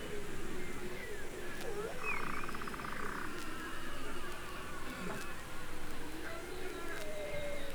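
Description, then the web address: Beluga whale sounds, faint thin whistles and a short burst of rapid buzzy pulses over a steady low rumbling background. Several belugas in the Arctic. "Avant Garde Project. Arctic Belugas"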